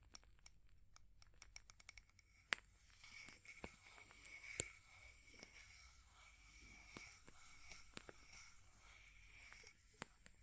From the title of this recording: Fire Crackling, Tapping, Scratching